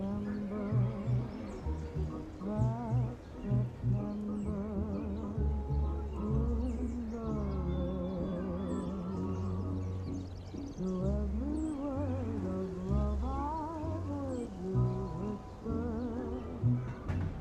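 Oldies music playing in another room, steady and muffled, with a thumping bass line and wavering sung melody lines running continuously throughout.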